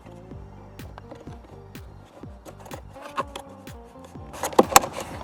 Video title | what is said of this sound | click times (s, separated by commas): 2015-2019 Ford Mustang 2.3L Eco Cabin Air Filter Change. DIY | you go now it's locked in and finally | 4.6 s, 4.8 s